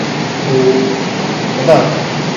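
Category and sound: nature, heavy rain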